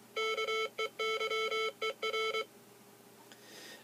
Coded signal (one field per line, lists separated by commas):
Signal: Morse code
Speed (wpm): 23 wpm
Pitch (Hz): 440 Hz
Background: none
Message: KEYER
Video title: Morse code reader